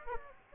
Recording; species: mosquito wingbeat signal from an infrared sensor; Aedes aegypti